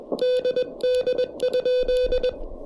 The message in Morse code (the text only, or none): DD?